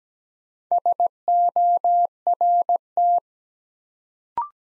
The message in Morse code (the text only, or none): SORT